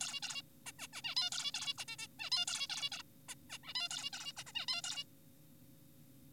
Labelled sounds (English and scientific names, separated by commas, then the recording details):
Zebra Finch (Taeniopygia guttata)
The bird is an adult
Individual g4p5U